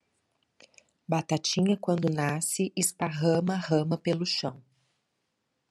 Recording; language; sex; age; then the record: short text; Brazilian Portuguese; female; 40 to 49 years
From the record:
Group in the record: control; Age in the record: 47 years